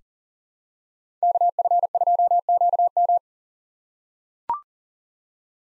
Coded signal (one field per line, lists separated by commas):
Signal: Morse code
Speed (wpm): 38 wpm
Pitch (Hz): 700 Hz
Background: none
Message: KF2QM